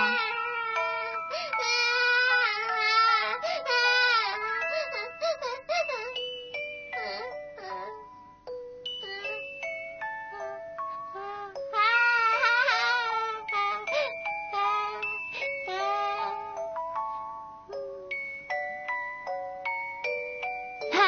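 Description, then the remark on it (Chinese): A bright, tinkling music-box melody plays steadily for about twenty seconds, with high, chiming notes stepping up and down in a gentle, continuous tune and no voices. “喂，睇下，系音乐盒嚟噶，有好好听嘅音乐噶。”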